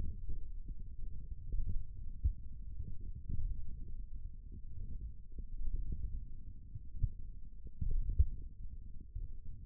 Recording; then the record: forearm muscle sounds (acoustic myography)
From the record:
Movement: thumb flexion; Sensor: system 1, eight BSWA MPA416 microphones around the upper forearm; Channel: 3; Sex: male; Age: 28 years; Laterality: right